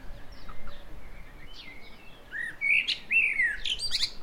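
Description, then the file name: Common blackbird: soft faint notes at first, then a clear warbled phrase breaking into squeaky high twitters at the end. "Turdus merula"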